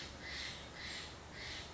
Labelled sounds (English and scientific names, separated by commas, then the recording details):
Steller's Jay (Cyanocitta stelleri)
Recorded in Sonoma County, California